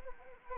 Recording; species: mosquito wingbeat signal from an infrared sensor; Anopheles arabiensis